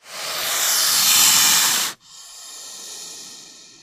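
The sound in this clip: Snake hissing: a loud, breathy two-second hiss that stops abruptly, followed by a softer, steadier hiss lasting to the end.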